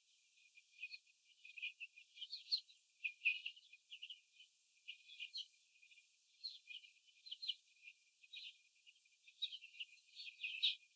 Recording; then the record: young laying hens in a cage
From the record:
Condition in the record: after the stressor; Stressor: sudden umbrella opening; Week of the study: 3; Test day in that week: 2